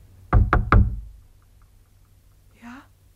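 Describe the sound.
On a May night, three quick, heavy knocks by hand on wooden window shutters in a steady rhythm, followed after a pause by a brief, faint voice.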